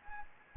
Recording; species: mosquito wingbeat signal from an infrared sensor; Anopheles gambiae